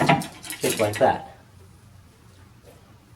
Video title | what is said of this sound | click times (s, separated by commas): ASCP2 Installation | it on the locking bar you can top it slowly or you can push it until it snaps into place just like | 0.1 s